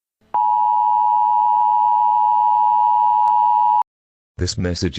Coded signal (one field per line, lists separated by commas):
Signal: Emergency Alert System (SAME) tones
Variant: 853 and 960 Hz attention tone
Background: speech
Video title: EAS Scenario - CATastrophe (4K)